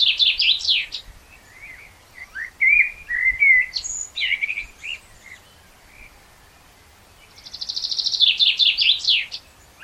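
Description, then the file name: Common blackbird singing: high twitters, then a run of rich, low fluted whistles, a short pause, and another burst of fast, thin, squeaky twittering. "Turdus merula"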